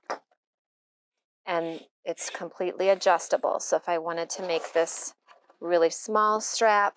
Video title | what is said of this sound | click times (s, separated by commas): How to apply adjustable buckles & side release buckles | this will click in there | 0.1 s